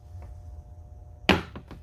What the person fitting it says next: hear that snap, y'all? That's cool.